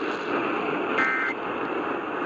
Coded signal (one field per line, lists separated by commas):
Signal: Emergency Alert System (SAME) tones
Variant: end-of-message bursts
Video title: EAS 653 - KDKA TEST